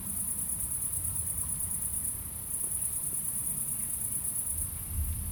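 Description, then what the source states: Cricket chorus of continuous high, pulsing trills that pause briefly around two seconds, above a constant low rumble. Crickets at night in Aveize, France, with cars in the distance; recorded with a DPA-2006c pair in AB position into an SD MixPre-3.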